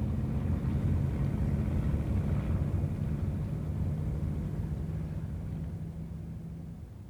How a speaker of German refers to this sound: Da. Hört ihr? Motorengeräusch. Einer von ihren eigenen möglicherweise.